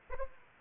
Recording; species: mosquito wingbeat signal from an infrared sensor; Aedes aegypti